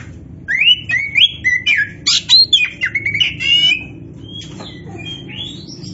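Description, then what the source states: Oriental magpie-robin pouring out a fast, continuous phrase of rising whistles, buzzy trills and harsh notes, fading into softer whistles at the end. Indonesian name kacer poci; described as gacor.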